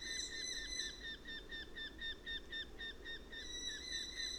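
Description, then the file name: Eurasian hobby giving rapid, repeated ringing notes, several a second, with a light rushing background noise. Adult perched in a tree. "Eurasian Hobby Calls From Adult Perched In Tree"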